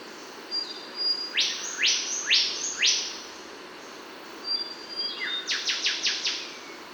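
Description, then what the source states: Bornean whistler singing a run of rising whistled sweeps, a pause with a few level notes, then a faster burst of rising whistles, all against constant insect buzzing. Kalimantan.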